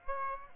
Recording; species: mosquito wingbeat signal from an infrared sensor; Aedes aegypti